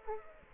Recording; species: mosquito wingbeat signal from an infrared sensor; Aedes aegypti